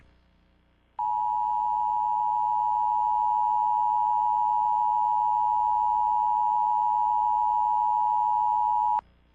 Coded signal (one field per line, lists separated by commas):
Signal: Emergency Alert System (SAME) tones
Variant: 853 and 960 Hz attention tone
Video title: EAS Scenario: Ice Ice Deadly. (Plz Read Description before watching!)